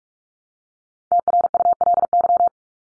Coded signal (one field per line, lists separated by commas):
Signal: Morse code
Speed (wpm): 44 wpm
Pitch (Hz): 700 Hz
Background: none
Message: TRULY